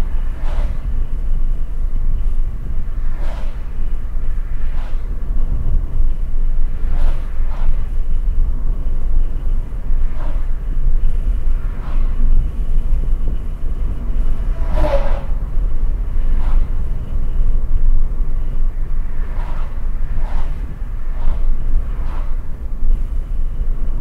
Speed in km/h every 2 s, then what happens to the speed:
59, 58, 58, 58, 58, 60, 61, 62, 64, 62, 60, 58.
0-8 steady at about 58. 8-17 speeds up to 64. 17-24 slows to 58.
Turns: none.